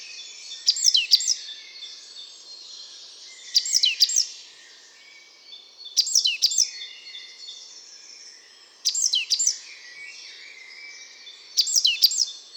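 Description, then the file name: Great tit calls: short bursts of two or three sharp, high, downslurred notes repeated about every three seconds over a busy chorus of other songbirds. "Parus major"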